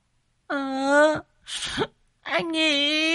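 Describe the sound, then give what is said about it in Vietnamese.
A loud, drawn-out wailing cry in two long sustained bursts with a steady high pitch, broken by a ragged, breathy sob between them, from a person crying with tears and a runny nose. “Mẹ bố tiên sư nhà nó khóc lóc như vậy, nước mắt nước mũi cứ thế mà tèm lem, khiến cho mấy con mụ kia cũng rụt cổ tránh xa nó ra.”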